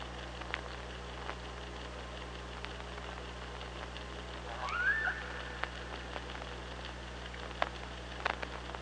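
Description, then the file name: Killer whale call, one brief rising harmonic cry, with sparse clicks and a steady low hum underneath. Recorded on the OrcaLab hydrophone, 24 August 2017 at 05:33. "Orca Lab UTLN JASON 20170824 053330"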